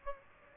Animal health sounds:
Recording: mosquito wingbeat signal from an infrared sensor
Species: Aedes aegypti

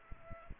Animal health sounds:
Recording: mosquito wingbeat signal from an infrared sensor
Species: Aedes aegypti

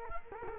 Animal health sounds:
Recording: mosquito wingbeat signal from an infrared sensor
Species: Culex quinquefasciatus

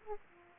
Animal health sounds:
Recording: mosquito wingbeat signal from an infrared sensor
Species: Aedes aegypti

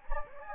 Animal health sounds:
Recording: mosquito wingbeat signal from an infrared sensor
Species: Anopheles gambiae

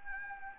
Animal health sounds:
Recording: mosquito wingbeat signal from an infrared sensor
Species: Anopheles gambiae

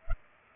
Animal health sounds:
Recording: mosquito wingbeat signal from an infrared sensor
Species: Culex pipiens

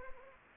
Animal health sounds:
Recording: mosquito wingbeat signal from an infrared sensor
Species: Anopheles arabiensis

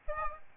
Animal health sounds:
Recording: mosquito wingbeat signal from an infrared sensor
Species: Aedes albopictus

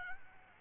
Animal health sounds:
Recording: mosquito wingbeat signal from an infrared sensor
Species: Aedes albopictus

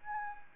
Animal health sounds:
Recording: mosquito wingbeat signal from an infrared sensor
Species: Anopheles arabiensis

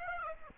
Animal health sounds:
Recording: mosquito wingbeat signal from an infrared sensor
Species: Aedes aegypti

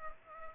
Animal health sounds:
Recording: mosquito wingbeat signal from an infrared sensor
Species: Culex pipiens

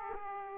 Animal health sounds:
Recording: mosquito wingbeat signal from an infrared sensor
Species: Aedes aegypti

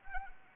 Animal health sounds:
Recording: mosquito wingbeat signal from an infrared sensor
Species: Anopheles arabiensis

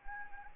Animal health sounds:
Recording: mosquito wingbeat signal from an infrared sensor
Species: Anopheles arabiensis

